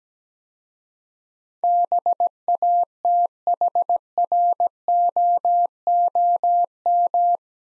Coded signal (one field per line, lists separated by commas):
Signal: Morse code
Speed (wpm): 17 wpm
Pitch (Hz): 700 Hz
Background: none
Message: BATHROOM